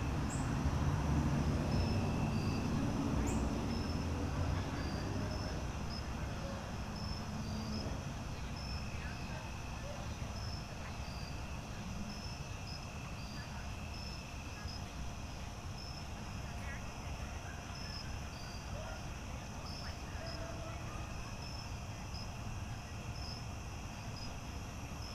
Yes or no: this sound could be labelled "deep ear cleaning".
no